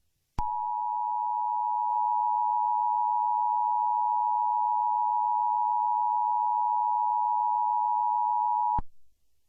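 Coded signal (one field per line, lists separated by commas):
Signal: Emergency Alert System (SAME) tones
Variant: 853 and 960 Hz attention tone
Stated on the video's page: Mock tornado warning; simulated scenario.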